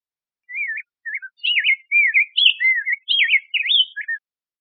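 Rose-breasted grosbeak delivering a rich, rambling warble of rising and falling whistled notes, steady and clear with no other sounds.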